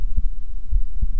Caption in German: Patientin wünscht sich, dass ihr Herzgeräusch archiviert wird.